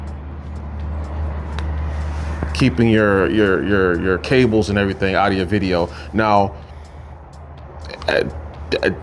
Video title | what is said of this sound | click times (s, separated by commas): Insta360 X3 DJI MIC MINI Wired or wireless? | And all this little short cable that I have here will just snap right in to the microphone adapter, | 1.6 s